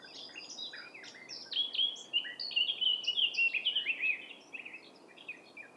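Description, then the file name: Eurasian blackcap song, a rapid chattering warble that brightens into clearer, fluty whistled notes midway, then trails off into softer twittering. "Sylvia atricapilla"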